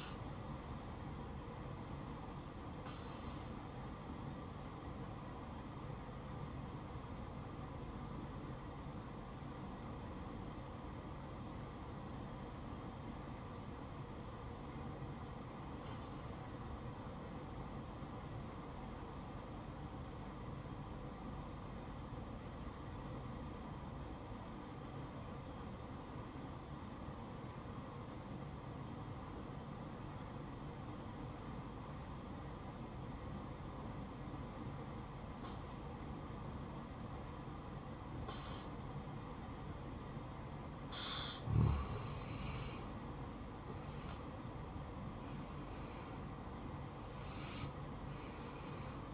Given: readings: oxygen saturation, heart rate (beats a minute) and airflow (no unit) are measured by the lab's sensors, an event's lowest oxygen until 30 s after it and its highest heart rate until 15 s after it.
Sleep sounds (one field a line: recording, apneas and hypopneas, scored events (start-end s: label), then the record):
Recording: breathing in sleep by a smartphone at the bedside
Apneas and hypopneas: 1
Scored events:
5.00-43.10 s: obstructive apnea (N1, oxygen 97% highest, then 87% lowest, heart rate 64 at the start, 70 highest)
17.00-49.14 s: new sleep stage, N2 (light sleep)
From the record:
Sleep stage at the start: N1 (lightest sleep)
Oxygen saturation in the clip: 85 to 97%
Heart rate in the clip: 61 to 68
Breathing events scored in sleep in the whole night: 573 in 9.8 hours asleep